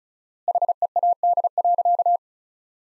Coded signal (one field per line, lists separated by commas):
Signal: Morse code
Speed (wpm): 34 wpm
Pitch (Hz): 700 Hz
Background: none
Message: HEAD.